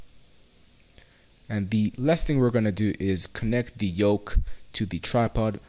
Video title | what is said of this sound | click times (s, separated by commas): Hola! Music - Universal Guitar Stand Instructions | bring up the neck rest until it locks in place and the | 1.0 s